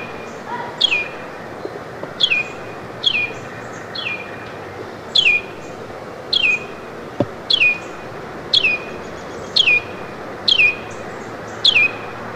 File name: Carolina Wren